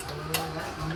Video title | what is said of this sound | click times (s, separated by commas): Installing Fog Lights & DRLs on Old Scorpio | I hope you can uh hear the click sounds let me bring it closer | 0.3 s